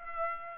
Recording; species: mosquito wingbeat signal from an infrared sensor; Aedes aegypti